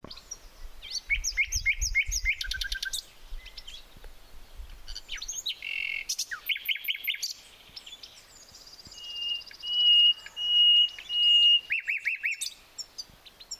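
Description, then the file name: Common nightingale song: loud repeated notes, dry rattles and a buzzy trill, then a series of pure whistles swelling in volume, with low rumbling thumps early on. "Luscinia megarhynchos"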